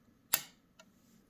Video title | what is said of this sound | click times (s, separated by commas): Long Arm Refresher | And I put it in, and you see my thread is on the left, just kind of there, and you want to hear this click. | 0.3 s